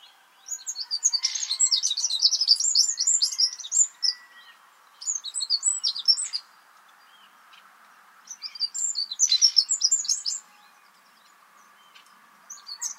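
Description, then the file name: Eurasian wren song, rapid high trills and twittering notes in an opening burst of about three and a half seconds, then two shorter outbursts after pauses and the start of another at the end, over faint steady background hiss. "Troglodytes troglodytes"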